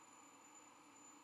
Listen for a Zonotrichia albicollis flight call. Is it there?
no